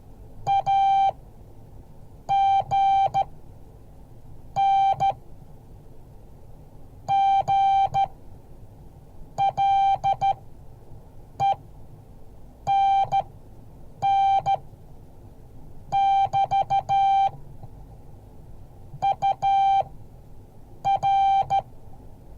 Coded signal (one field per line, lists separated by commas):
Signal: Morse code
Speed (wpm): 14 wpm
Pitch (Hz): 780 Hz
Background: none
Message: AGN GLENN<BT> UR